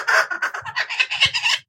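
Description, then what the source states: Kookaburra harsh cackling call, a quick run of rough chattering notes lasting about one and a half seconds. Erwin, an ambassador kookaburra at Scovill Zoo, described as salty rather than sweet, being coaxed into his carrier by a keeper.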